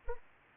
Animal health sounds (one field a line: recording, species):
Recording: mosquito wingbeat signal from an infrared sensor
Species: Anopheles arabiensis